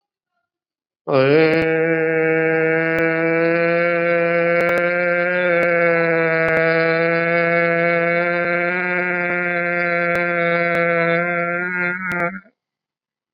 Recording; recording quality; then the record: sustained vowel as in made; excellent, no background noise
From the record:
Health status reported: COVID-19 positive, moderate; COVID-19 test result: positive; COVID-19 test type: RT-PCR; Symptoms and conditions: cough, sore throat, fatigue, diarrhoea, hypertension, diabetes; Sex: male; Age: 72 years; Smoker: no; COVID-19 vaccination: both doses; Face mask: worn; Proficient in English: no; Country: India